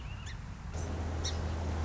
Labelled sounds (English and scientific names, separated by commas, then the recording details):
Song Sparrow (Melospiza melodia)
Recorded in Sonoma County, California